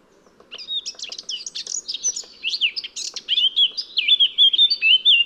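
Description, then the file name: Eurasian blackcap delivering one continuous warbled phrase. It starts with scratchy, jumbled notes and builds to a series of loud, clear, flute-like whistles. "Sylvia atricapilla"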